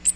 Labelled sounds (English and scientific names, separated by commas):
Magnolia Warbler (Setophaga magnolia) flight call